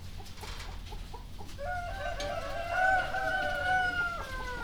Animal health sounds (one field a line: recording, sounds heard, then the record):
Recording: poultry house recording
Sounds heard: healthy chickens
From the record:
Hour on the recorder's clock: 2